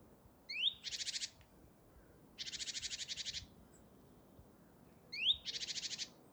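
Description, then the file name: Great tit scolding calls: a sharp rising note leads into a harsh buzzy rattle, then a longer rattle, then the note and rattle again, all in a quiet setting. "Parus major"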